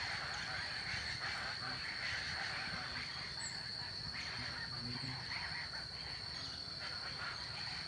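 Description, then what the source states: Chaco chachalaca calls, a harsh, raucous chattering chorus running through the whole stretch, over a steady high-pitched tone. Charatas, several birds, recorded in El Impenetrable, Argentina.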